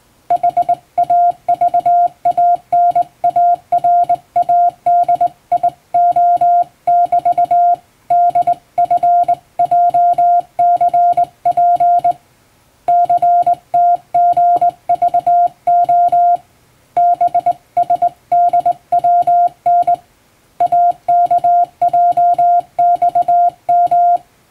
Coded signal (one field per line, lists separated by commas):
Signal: Morse code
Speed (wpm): 20 wpm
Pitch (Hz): 700 Hz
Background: music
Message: HAVANARADIO<BT>DFJCP CTGVO BSDWN AKJXM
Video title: 【Radio operator morse code training】This is Morse code practice video. There is morse exam in japan.